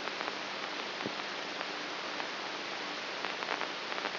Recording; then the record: brain microelectrode recording played as sound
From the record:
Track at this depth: inside the subthalamic nucleus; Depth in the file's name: 5.84 mm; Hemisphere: right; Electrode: 3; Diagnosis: Parkinson's disease